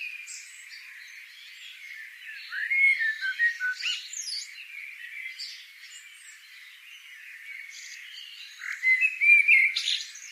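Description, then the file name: Eurasian blackbird: two bursts of rapid, bright notes, one early and one near the end, between quieter twittering. "Turdus merula"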